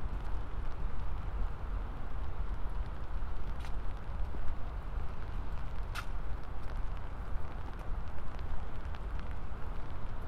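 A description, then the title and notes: Rain falls steadily on an umbrella, a dense, even patter that stays constant for the whole stretch, heaviest in the low and middle range. A couple of brief bright taps stand out, one near four seconds and a sharper one around six. A binaural field recording, from the Queens Museum to my apartment in Harlem via the MTA. It was raining, I had an umbrella.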